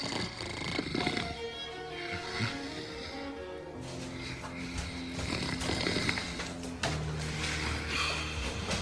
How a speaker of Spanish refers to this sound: No sé. Yo oigo ronquidos en su habitación.